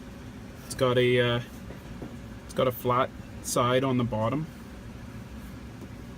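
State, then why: Not seated. A shift knob on a Jeep Wrangler is slid onto the gear shift lever and lined up by the flat side on its bottom before being pushed home. Someone talks over a low, steady background hum. Nothing has seated or clicked yet.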